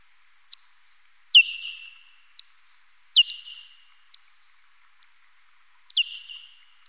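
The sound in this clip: Parti-coloured bat calls: a series of quick downward sweeps, each ending in a fading level tone, with short clicks between.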